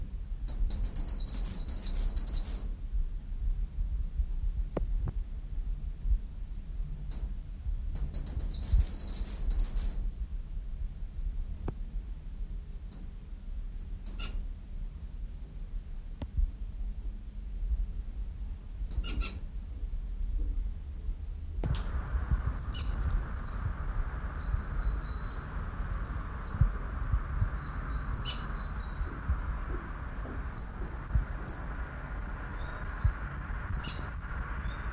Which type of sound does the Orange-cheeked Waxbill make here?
call